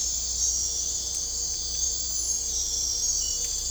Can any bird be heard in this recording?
no